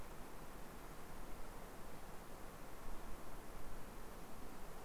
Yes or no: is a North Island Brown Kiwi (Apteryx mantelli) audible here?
no